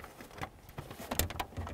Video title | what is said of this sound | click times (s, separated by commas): How to Replace Shifter Boot 1994-2004 Chevy S-10 | Give it a push, listen for a click, give it a tug. | 1.2 s